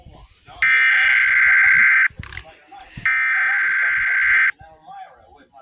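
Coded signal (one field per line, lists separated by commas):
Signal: Emergency Alert System (SAME) tones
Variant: header bursts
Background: speech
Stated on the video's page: Fictional scenario alert, not a real broadcast.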